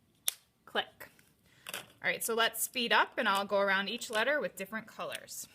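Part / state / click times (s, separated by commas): plastic cap onto a marker / seated / 0.3 s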